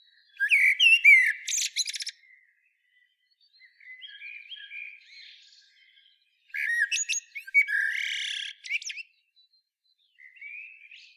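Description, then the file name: Common blackbird song: two loud phrases of fluty whistles ending in high scratchy twitters, with softer warbled notes in the pauses between and after them. "Turdus merula"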